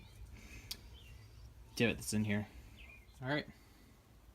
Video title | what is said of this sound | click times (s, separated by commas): 1966 Honda S90 - How To Rebuild/Replace the Front Fork Oil Seal (Same as CT90 & CL90) | I cap on the metal piece now so it's really even more even and then get it down until it snaps into the little divots | 0.7 s